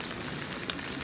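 A small hinged lid is snapped closed onto its container after an item has been placed inside, against a steady broadband hiss. A short, sharp click at 0.7 s marks the lid shutting and seating on the container.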